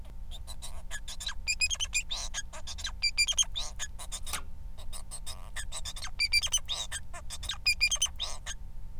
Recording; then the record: song of a male Bengalese finch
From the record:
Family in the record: son of father 4